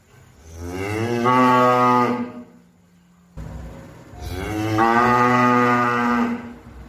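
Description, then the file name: Cow giving two long, loud moos, each lasting around two seconds, with a quiet low hum in the gap between them. "suara sapi"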